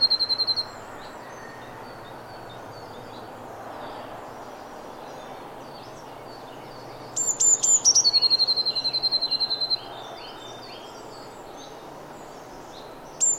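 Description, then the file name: Eurasian blue tit song: the end of a trill, then a long quiet stretch with faint chirps, then a full phrase of high notes and a quick trill, and a final high note. "Cyanistes caeruleus"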